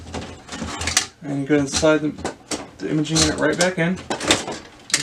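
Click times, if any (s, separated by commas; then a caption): 4.9 s. An imaging unit is slid back into a Lexmark MX517 laser printer and pushed down while someone talks, with scattered light knocks along the way. It clicks into place and seats at 4.9 seconds.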